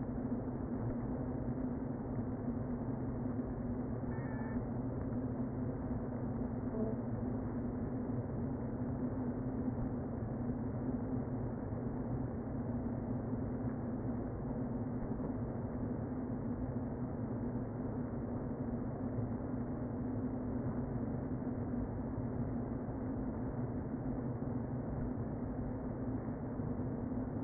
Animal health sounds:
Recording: honeybee colony, microphone inside the hive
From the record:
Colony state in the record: queen present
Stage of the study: before two queens were removed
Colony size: about 60,000 bees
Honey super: yes

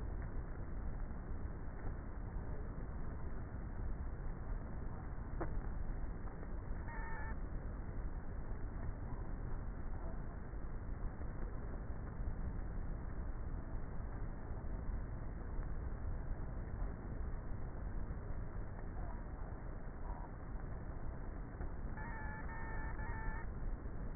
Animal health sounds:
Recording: honeybee colony, microphone inside the hive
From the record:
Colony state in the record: queenless with a low population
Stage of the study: before two queens were removed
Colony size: about 30,000 bees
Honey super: no

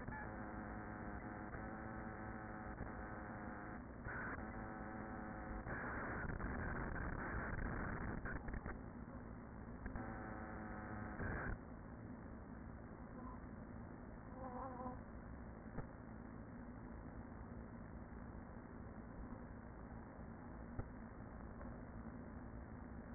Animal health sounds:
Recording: honeybee colony, microphone inside the hive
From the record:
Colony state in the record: queen present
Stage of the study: after two queens were removed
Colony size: about 40,000 bees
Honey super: no

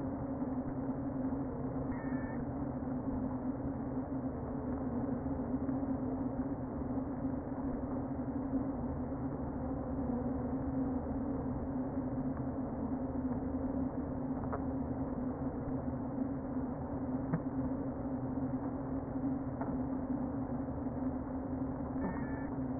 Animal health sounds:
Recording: honeybee colony, microphone inside the hive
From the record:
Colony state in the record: queen present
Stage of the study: before two queens were removed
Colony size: about 60,000 bees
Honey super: yes

